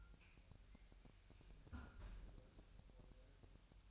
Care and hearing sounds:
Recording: daily activity, microphone in the room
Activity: close fridge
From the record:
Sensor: 2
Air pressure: 1001.9 hPa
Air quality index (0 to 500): 249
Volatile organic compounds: 39 ppm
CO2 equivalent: 3132 ppm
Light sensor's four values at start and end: 8/28/11/10 and 8/28/11/10

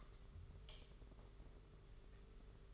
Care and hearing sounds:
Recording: daily activity, microphone in the room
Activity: light on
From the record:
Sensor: 4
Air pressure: 991.7 hPa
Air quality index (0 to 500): 99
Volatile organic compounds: 11 ppm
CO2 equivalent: 2316 ppm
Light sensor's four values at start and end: 7/16/6/6 and 9/25/9/11

